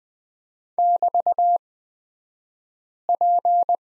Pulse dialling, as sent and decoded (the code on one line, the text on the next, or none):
none